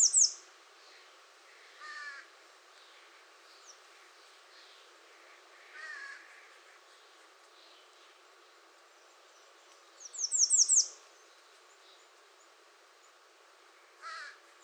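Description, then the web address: American redstart song: a short burst of high, thin, downslurred notes late, with scattered lower chirps from other birds. Recorded 21 June 2019. "soundrecordings 2019-06-21 American Redstart"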